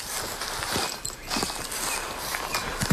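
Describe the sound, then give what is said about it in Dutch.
Footsteps of researchers sampling ticks crunch and rustle over a forest floor at an irregular walking pace, with soft thuds and scraping of leaves or twigs over a steady outdoor hiss. “Ik dat we even die kant op gaan.”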